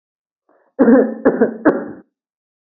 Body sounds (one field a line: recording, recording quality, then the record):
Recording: shallow voluntary cough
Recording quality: excellent, no background noise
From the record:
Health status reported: healthy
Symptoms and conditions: none ticked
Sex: male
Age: 37 years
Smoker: not ticked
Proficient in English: yes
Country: India